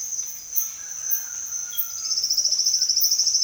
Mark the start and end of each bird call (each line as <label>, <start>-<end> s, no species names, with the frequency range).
bird call (0.4-3.2 kHz), 0.45-2.50 s